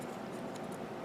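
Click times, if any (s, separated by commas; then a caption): none. A plastic part of a 1/144 scale Real Grade Sazabi model kit is handled against its mating part, making soft, steady rustling and scraping with faint high-pitched scratches near 0.6 s and 0.7 s. The part has not snapped into place yet, and nothing has clicked.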